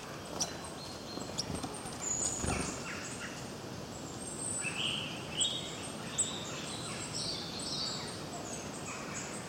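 Birds chirping, with high thin chirps and brief twittered runs over continuous hiss and a few low knocks.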